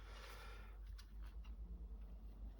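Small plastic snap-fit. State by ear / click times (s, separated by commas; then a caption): seated / 1.0 s. A long protruding plastic part from a Fanhome Star Wars Darth Vader model figure kit is pressed into its socket in a half of the figure's body. A single soft click is heard at 1.0 s, and the part seats in place.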